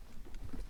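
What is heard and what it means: A plug is pushed into the heater control unit of a Passat B3 during repair of the heater regulator, where the cable to the heater flap had stuck. A faint hit comes at 0.3 s as it should snap into place. The plug only partly seats, and the fit stays uncertain.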